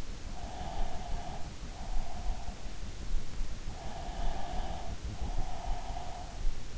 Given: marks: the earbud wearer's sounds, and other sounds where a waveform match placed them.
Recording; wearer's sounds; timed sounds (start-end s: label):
sounds in sleep by an in-ear microphone; breath
0.37-2.63 s: breath
3.79-6.17 s: breath